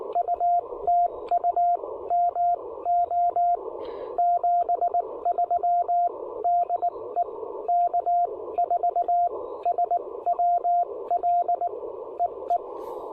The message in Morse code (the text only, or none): UTU MO 73 DE K4SWL EE